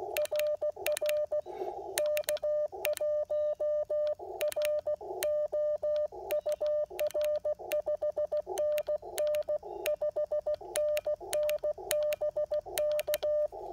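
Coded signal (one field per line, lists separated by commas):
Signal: Morse code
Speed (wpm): 16 wpm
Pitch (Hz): 600 Hz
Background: none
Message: RR K1RO UR 5NN 5NN BK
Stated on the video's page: Real-time CW POTA activation with an Icom IC-705, Morse pocket paddles, a Chameleon portable antenna and an Elecraft T1 tuner.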